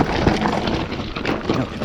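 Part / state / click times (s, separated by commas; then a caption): shoe cleat into clipless bike pedal / not seated / none. While riding a steep enduro section, a rider tries to clip his left shoe cleat into a clipless bike pedal, over steady broadband rushing noise with a few brief sharp knocks near 0.5, 0.7 and 1.3 seconds. The cleat fails to engage, and nothing has clicked or seated.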